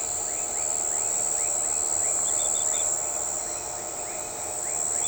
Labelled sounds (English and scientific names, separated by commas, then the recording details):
none
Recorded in shrubland near Pivijay, Magdalena, Colombia, on 13 April 2023 at 02:30
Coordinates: 10.453, -74.365
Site P5-G022